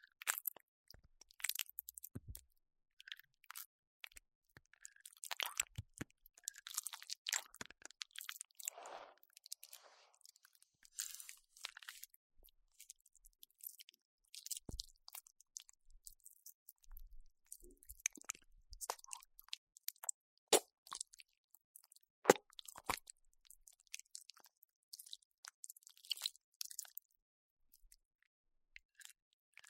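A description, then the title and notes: Aloe vera gel is handled, with irregular wet crunches and squishes coming every second or so in otherwise silence. 蘆薈膠｜ Aloe Vera Gel.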